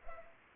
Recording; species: mosquito wingbeat signal from an infrared sensor; Anopheles arabiensis